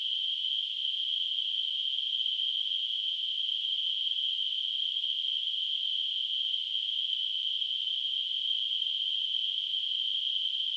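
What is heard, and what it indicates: Simulated tinnitus: a steady, continuous narrowband hiss centred near 3 kHz, with no low-frequency content, unchanging in level throughout.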